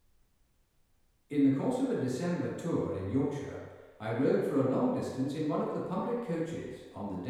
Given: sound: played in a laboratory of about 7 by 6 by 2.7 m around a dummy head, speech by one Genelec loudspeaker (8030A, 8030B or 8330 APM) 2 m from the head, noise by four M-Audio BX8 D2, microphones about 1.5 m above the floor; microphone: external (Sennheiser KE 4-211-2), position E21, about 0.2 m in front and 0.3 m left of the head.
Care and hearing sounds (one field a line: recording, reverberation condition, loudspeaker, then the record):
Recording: male speech in English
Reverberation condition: high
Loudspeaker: 150 degrees to the right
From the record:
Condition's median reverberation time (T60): about 1300 ms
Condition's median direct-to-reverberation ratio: about -4.0 dB